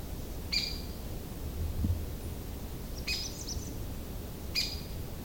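Downy woodpecker calls: short, sharp, high notes at intervals over a low rumbling background.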